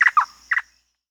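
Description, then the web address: Manu antbird giving brief harsh call notes: a quick pair, another burst, then a pause and a final doubled note. Bolivia. "Birds of the Amazon 2. Manu Antbird (Cercomacra manu), Bolivia"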